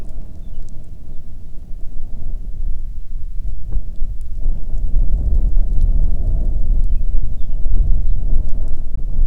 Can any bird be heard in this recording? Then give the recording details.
yes. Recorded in the Arctic National Wildlife Refuge, Alaska, on 1 June 2019 at 12:05. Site 37